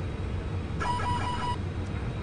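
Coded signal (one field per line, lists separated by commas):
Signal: none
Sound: cockpit alert chime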